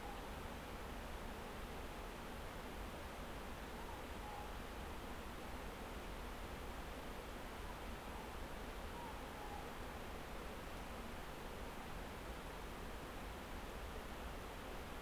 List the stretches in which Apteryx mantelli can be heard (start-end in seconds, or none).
none